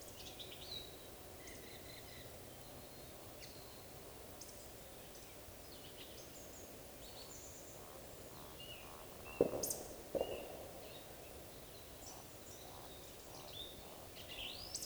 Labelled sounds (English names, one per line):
Eurasian Woodcock whistle